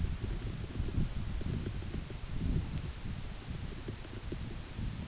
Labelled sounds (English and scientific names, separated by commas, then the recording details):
none
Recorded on Arctic tundra, site UTQI-8, on 14 June 2019
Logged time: 10:00